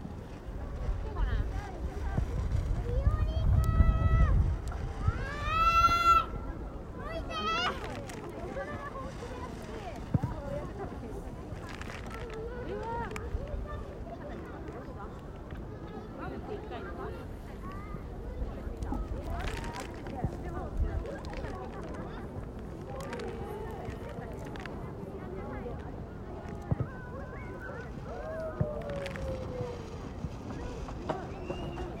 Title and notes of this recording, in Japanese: 下高井戸おおぞら公園。みんな凧揚げしています